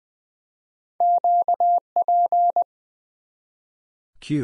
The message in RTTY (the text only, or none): none